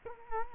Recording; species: mosquito wingbeat signal from an infrared sensor; Culex quinquefasciatus